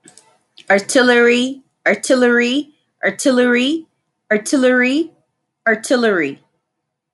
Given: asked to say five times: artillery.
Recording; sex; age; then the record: repeated word; female; 30 to 39 years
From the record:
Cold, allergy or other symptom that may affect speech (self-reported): no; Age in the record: 31 years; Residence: Texas, United States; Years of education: 16